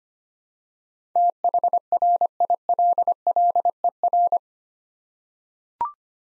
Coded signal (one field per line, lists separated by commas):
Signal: Morse code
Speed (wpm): 25 wpm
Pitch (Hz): 700 Hz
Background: none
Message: THRILLER